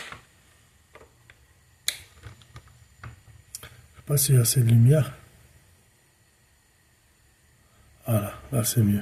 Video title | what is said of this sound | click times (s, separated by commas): coffee machine beko - assembly or repair (part 3/6) | et normalement de entendre un clic pour le bloquer. | 1.9 s